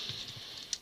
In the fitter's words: sure it locks in place by pushing it on okay